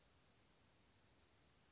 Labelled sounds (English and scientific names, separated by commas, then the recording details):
Western Flycatcher (Empidonax difficilis)
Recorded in Sonoma County, California